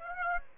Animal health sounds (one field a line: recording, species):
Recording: mosquito wingbeat signal from an infrared sensor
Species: Aedes aegypti